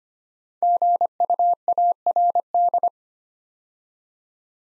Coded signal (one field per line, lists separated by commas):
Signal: Morse code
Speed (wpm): 25 wpm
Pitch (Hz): 700 Hz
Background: none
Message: GUARD